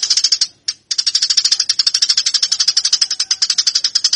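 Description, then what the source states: Eurasian tree sparrow chattering in rapid, harsh, high chirps, with one brief gap near the start, then a steady stream. Fighting call used as master training audio for cage birds.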